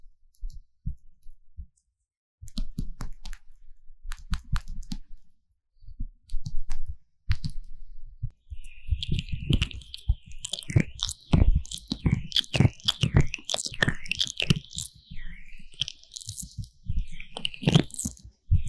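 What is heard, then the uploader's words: Slick, squishy ear massage sounds with Vaseline, sparse wet clicks at first, then dense crackling rubs and squelches from about nine seconds on. 凡士林耳朵按摩. Vaseline Ear massage Sounds | NoTalking.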